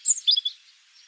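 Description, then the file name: European robin giving a quick, high-pitched phrase of thin squeaky notes that drop in pitch within half a second, then fade to quiet. "Erithacus rubecula"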